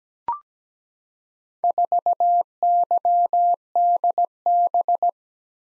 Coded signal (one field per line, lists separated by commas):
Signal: Morse code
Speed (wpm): 17 wpm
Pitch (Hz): 700 Hz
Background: none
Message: 4YDB